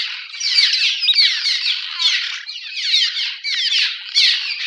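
Cliff swallow: steady squeaking and creaky twittering of cliff swallows, many calls overlapping into an unbroken chattering chorus with slight rises in loudness.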